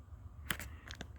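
The display ribbon cable connector of an Acer A315-22 laptop (A315 Series) is plugged into the back of the new LCD panel and its latch is closed. A sharp click at 0.5 s shows the connector latch clicking in and seating, followed by several fainter ticks and clicks as it is handled.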